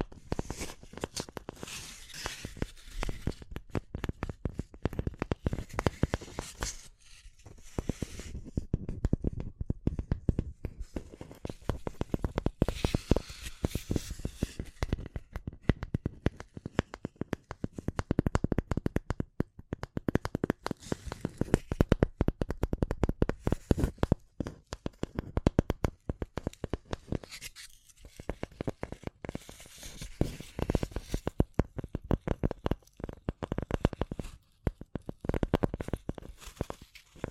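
Tapping and scratching go on without a break, made of dense, fast, irregular taps and scrapes that crackle like crinkling paper. The texture stays busy throughout, with brief thinner gaps around 7, 18 and 33 seconds and bursts of louder, sharper taps in between.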